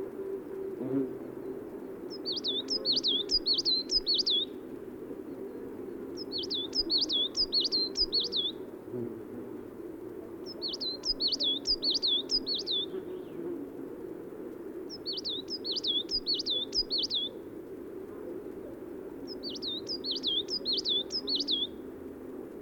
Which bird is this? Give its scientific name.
Periparus ater